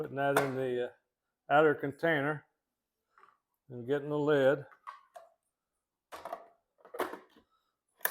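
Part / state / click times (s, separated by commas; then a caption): plastic lid onto the outer bowl container of an ice cream maker / seated / 8.0 s. Someone talks while a plastic lid is fitted onto the outer bowl container of an ice cream maker and twisted until it locks. Faint handling taps and rustles follow the speech. A loud, sharp click at 8.1 s marks the lid locking into place.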